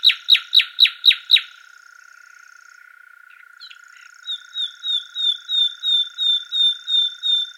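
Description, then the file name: Common nightingale song: six loud, sharp repeated notes, a pause with soft notes, then a long, fast series of whistled notes. "Luscinia megarhynchos"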